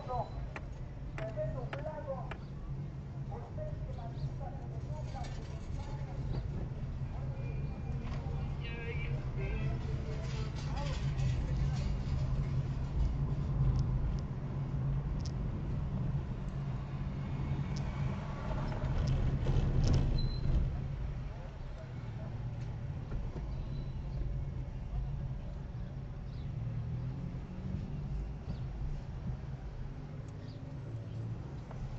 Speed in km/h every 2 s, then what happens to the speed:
14, 14, 18, 20, 22, 22, 24, 27, 22, 18, 9, 10, 10, 10, 13, 13.
0-13 speeds up to 27. 13-20 slows to 9. 20-32 steady at about 10.